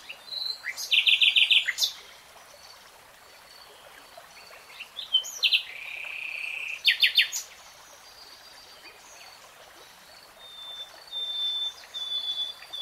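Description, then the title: Nightingale song in separated phrases: fast rattling trills, a sustained pure whistle, then another rapid trill, with long pauses and a soft trickling background. Nightingale singing, in real time. "[Tiếng chim hót] REALTIME Nightingale Singing"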